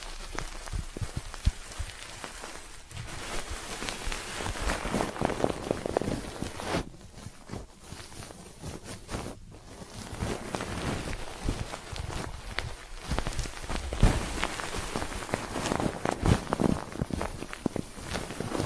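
Ear cleaning triggers: dense, crackling scratches and rustles fill the clip, with sharp pops and taps scattered throughout. The texture is busy and uneven, briefly thinning around seven and nine seconds before picking up again, with a few louder clicks near fourteen seconds.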